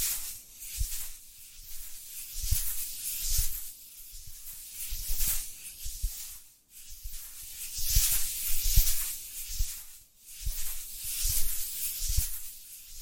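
Dry scratching and tracing strokes rise and fall in waves, with soft low taps every second or two and brief pauses near 6.5 and 10 seconds.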